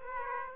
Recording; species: mosquito wingbeat signal from an infrared sensor; Aedes aegypti